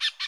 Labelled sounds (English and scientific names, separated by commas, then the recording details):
Brown-throated Parakeet (Eupsittula pertinax) contact call
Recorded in Bonaire
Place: 1 km N of power plant, rd to Republiek
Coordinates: 12.184, -68.285